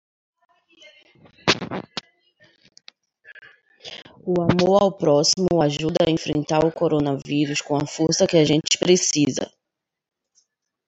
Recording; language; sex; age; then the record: spoken sentence; Brazilian Portuguese; female; 20 to 29 years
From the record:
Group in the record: control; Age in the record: 28 years